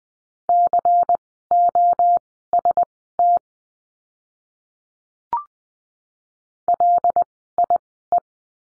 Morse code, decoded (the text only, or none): COST LIE